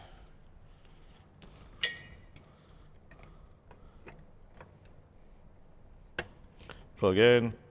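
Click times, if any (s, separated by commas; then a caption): none. An amplifier wiring harness plug is handled at the motorcycle head unit connector of a 2014+ Harley-Davidson Touring during a Diamond Audio Stage II fairing horn speaker and amplifier install. Brief plastic knocks and taps are heard, the sharpest near 1.8 s and 6.2 s, and someone talks at the end. The plug has not seated or clicked yet.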